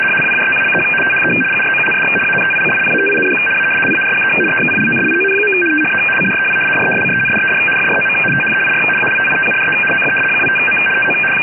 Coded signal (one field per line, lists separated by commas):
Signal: RTTY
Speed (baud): 75 baud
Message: APPROACH THE GROUND ANTICIPATING A LARGE EXPLOSION. THE CREW DESCENDED FROM THEIR ALTITUDE OF 25M TO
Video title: NATO STANAG 4481 FSK KG 84 DECRYPTED BY AI-software